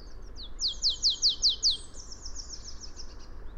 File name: Poecile palustris